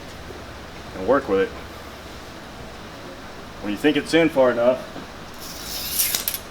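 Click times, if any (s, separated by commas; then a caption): 6.2 s, 6.3 s. A torque converter is worked onto a transmission input shaft and pump while someone talks. Two sharp metallic clicks come at about 6.2 s and 6.3 s as it drops into the splines in two stages. It is only partly home and not yet confirmed fully seated, so it is then checked with a straight edge.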